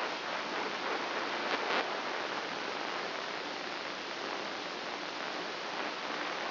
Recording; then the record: brain microelectrode recording played as sound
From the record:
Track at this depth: outside the subthalamic nucleus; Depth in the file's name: 1.206 mm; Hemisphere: right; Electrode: 2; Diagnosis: Parkinson's disease